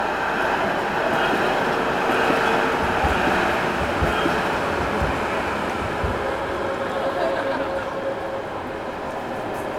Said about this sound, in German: Zwischen Roland und Rathaus rauscht immer mal wieder eine Straßenbahn.